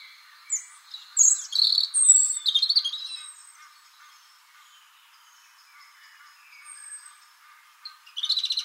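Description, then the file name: European robin song, a rapid cascade of high, thin whistles and trills, then a long quiet stretch with faint notes, ending with a sudden high burst. "Erithacus rubecula"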